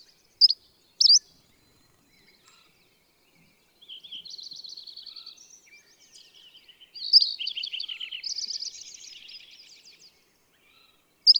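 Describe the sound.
Bird song with two sharp chirps, then long bursts of rapid buzzy twittering trills, ending with a single sharp chirp.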